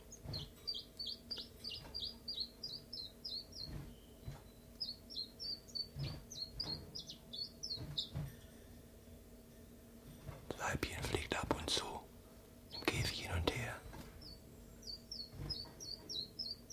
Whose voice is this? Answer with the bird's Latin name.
Phylloscopus collybita